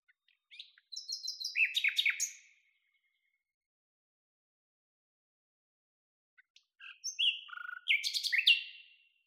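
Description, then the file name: Common nightingale song: two phrases, each opening with a few soft clicks, then loud rapid repeated notes, split by a silent gap of about four seconds. "Luscinia megarhynchos"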